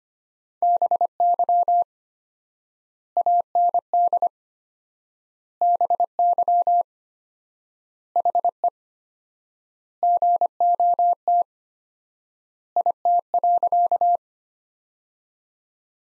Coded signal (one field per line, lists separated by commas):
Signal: Morse code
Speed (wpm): 25 wpm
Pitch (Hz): 700 Hz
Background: none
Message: BY AND BY HE GOT IT.